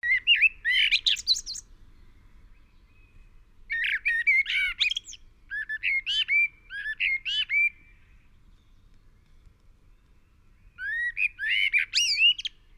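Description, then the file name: Eurasian blackbird singing several fluty warbled phrases mixed with thin high twittering notes, separated by quiet gaps. "Turdus merula"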